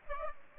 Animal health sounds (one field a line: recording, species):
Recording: mosquito wingbeat signal from an infrared sensor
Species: Aedes aegypti